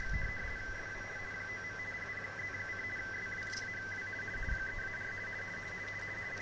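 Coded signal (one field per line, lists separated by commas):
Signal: RTTY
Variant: 450 Hz shift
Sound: continuous rapid warbling between two close tones, steady teleprinter chatter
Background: radio static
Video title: 10100KHz USB RTTY Weather Forecasts DDK9 received on my ICOM IC-720A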